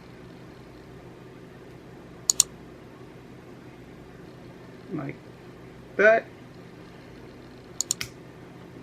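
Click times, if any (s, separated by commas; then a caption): 7.8 s, 7.9 s, 8.0 s. An RC car's battery connector is pushed into the plastic connector of a USB charging lead until it snaps home, seating with sharp clicks at 7.8, 7.9 and 8.0 seconds. Someone talks briefly, two earlier sharp clicks come at about 2.3 and 2.4 seconds, and there is low steady background noise throughout. The click is the sign that the battery is connected.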